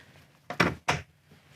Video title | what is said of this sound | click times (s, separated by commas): Full Tour and Demonstration of Diamond VIP 2500 ADA Compliant Wheelchair Accessible Bus w/ Side Lift | latch it down to where you hear it snap in place do this for both sides to | 0.6 s, 0.9 s